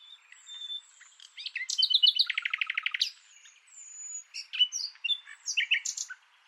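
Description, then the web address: Bird song with thin whistles opening, then a fast stuttering trill of clicking notes and a varied run of high slurred chirps. "Deverinetal 2025 File origin Bird Only"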